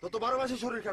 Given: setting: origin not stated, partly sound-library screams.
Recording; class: one-second piece from a danger detection set; normal situation